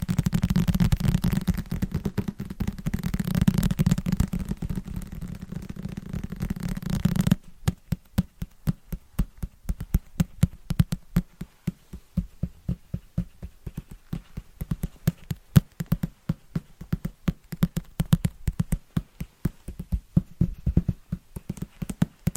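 Fast, rhythmic tapping on wrapped presents. For the first seven seconds a dense low rumbling rub fills the sound; then it cuts to sharp, quick taps in a steady stream against near silence, with occasional louder knocks.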